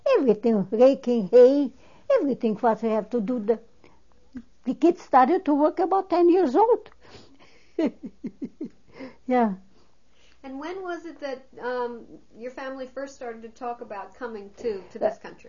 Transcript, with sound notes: Everything, raking hay, everything what we had to do. The kids started to work about ten years old. (She laughs.) Yeah.
And when was it that your family first started to talk about coming to this country?